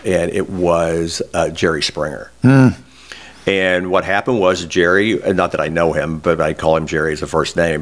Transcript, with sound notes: And it was Jerry Springer.
Hmm! (Incredulously)
And what happened was, Jerry — not that I know him, but I call him Jerry as that’s his first name.